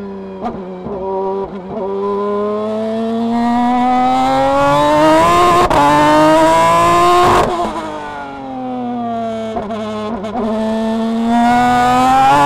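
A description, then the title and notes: A race car's engine heard from inside the cockpit, a loud steady whine rising and falling as it revs between quick sharp gear shifts. 1999 BMW V12 LMR In-Car Audio, Monterey 2019. Affixed atop the diffuser between the rear wing mounts, placed dead center between the glorious 6.0-liter BMW V12’s four exhaust pipes, the audio returned by Auberlen is stunning. WeatherTech Raceway Laguna Seca.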